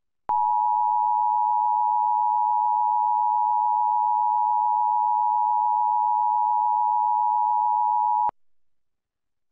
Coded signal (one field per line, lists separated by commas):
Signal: Emergency Alert System (SAME) tones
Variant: 853 and 960 Hz attention tone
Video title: TV EAS #17 (EAS #24): Severe Thunderstorm Warning #2, 7/13/15